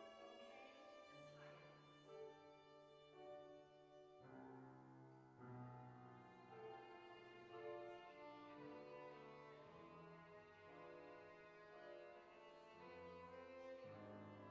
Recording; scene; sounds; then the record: everyday scene through a hearing-aid microphone; reverberant space; music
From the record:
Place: church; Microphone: behind the ear, right, front